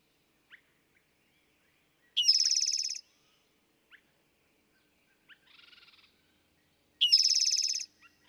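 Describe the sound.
Eastern towhee song: brief opening notes followed by a loud buzzy trill near 1 second long, given twice about five seconds apart, with a fainter trill between.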